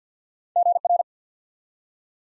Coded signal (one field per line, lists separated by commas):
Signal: Morse code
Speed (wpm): 50 wpm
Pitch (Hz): 700 Hz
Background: none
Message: GR